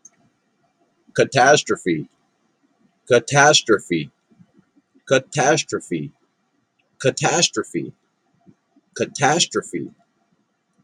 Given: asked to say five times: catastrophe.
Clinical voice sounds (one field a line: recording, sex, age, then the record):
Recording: repeated word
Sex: male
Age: 40 to 49 years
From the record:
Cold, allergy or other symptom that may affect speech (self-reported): no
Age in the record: 43 years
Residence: Massachusetts, United States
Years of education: 14